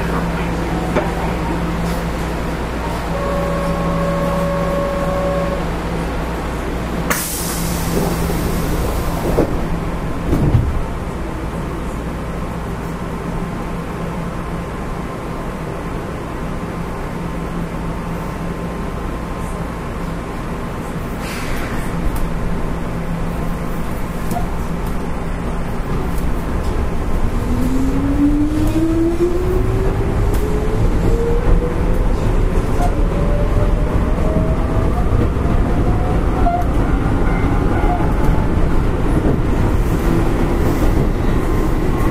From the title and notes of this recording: 京阪5000系 準急 京橋から枚方市まで. 京阪電気鉄道5000系電車の走行音です。 京阪本線の準急列車で録音しました。 It is running noise of the Keihan Electric Railway 5000 series train. I recorded on a semi express train on the Keihan main line.